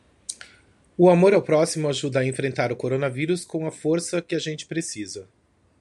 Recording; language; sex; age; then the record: spoken sentence; Brazilian Portuguese; male; 50 to 59 years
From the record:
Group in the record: control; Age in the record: 52 years